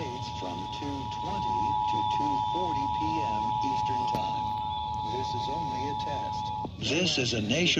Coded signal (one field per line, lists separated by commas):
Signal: Emergency Alert System (SAME) tones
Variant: 853 and 960 Hz attention tone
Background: speech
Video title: Channel First! 2023 National Perodic Test on WSFX-FM & WGCU-HD2 (EAS#7-8)